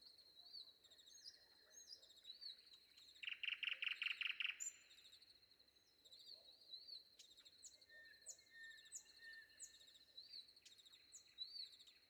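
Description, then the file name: Common nightingale song: a short burst of rapid, loud clicking notes among softer whistled phrases and chirps. Recorded before dawn. "predawn nightingale"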